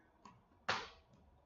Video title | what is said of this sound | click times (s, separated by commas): EPISODE 355 SATURDAY NIGHT ! LIVE WITH HANGAR FIFTYONE !!! | very nice it snaps in place I really like that | 0.7 s